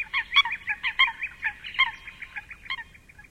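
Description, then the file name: Eurasian coot uttering quick, nasal, trumpet-like notes in a hurried run, then slowing to a few scattered calls toward the end. "De Meerkoet"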